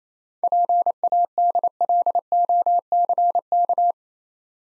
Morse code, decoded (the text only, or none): PADLOCK